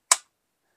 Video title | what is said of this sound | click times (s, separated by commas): Tier One Concealed Xiphos V2 Holster: Pros & Cons | you're going to hear that click | 0.1 s